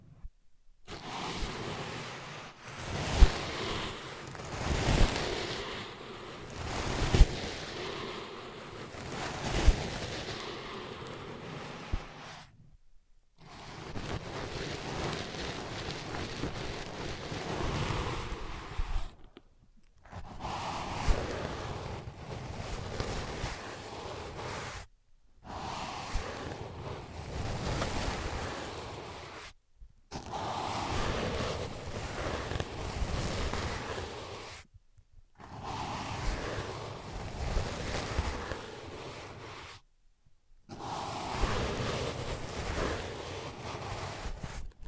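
Dense scratching and rubbing on ear pads, with sharp taps early on, played in bursts that break off into short silences every few seconds.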